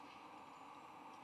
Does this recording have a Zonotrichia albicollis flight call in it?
no